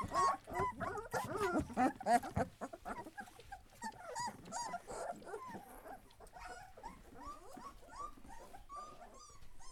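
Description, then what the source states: Leonberger pups yipping and whining, a loud cluster of overlapping cries at first, then quieter repeated short whimpers trailing off. Young Leonberger dogs.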